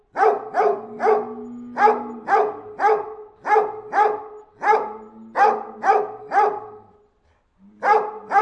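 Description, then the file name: Anatolian Shepherd dog barking steadily, roughly two barks a second, with a faint low whine beneath and a brief pause near the end. "dog anatolian chomar"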